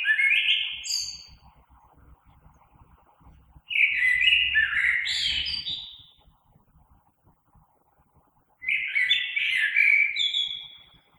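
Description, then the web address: Common blackbird singing rich, low whistled phrases that finish in squeaky high flourishes, three phrases with pauses of several seconds, faint low rumble beneath. Recorded 3 March 2020. "oiseaux Merle 2020 03 03"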